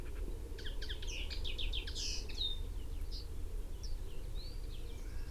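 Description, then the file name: Common chaffinch song: a quick series of high notes ending in a flourish, then scattered faint chirps, over steady low rumbling background noise. "Fringilla coelebs"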